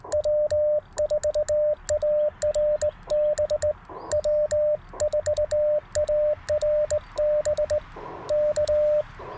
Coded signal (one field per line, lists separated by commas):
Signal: Morse code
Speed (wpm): 19 wpm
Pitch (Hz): 600 Hz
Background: radio noise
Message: W4ARB W4ARB K